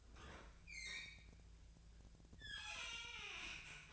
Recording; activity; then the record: daily activity, microphone in the room; open fridge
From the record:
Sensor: 2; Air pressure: 1009.5 hPa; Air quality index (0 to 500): 186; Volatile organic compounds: 11 ppm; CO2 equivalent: 2313 ppm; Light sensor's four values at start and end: 24/58/25/27 and 24/59/25/28